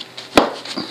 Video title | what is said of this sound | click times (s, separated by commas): 2003-2009 Suzuki SV650: Seat removal, tank raise, and quick release install | until it locks into place there. You see, nice and tight, no wiggles. | 0.4 s